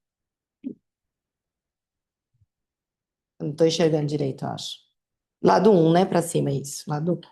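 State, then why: Not seated. A slicing disc is re-aligned on the cutter attachment shaft of a Thermomix kitchen appliance after it failed to engage its key-lock fit, before being pushed home. A brief light tap sounds near 0.7 s and a faint tick near 2.4 s, then someone talks from about 3.4 s to the end. The disc has not seated or clicked into place yet.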